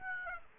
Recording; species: mosquito wingbeat signal from an infrared sensor; Aedes aegypti